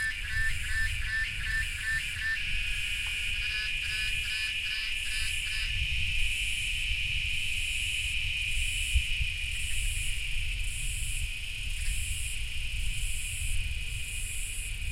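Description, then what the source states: Cicada chorus: buzzy pulses near the top repeating roughly every second over a steady shrill whine, with pulsed rattling early on and a constant low rumble beneath. Cicadas calling during thunder.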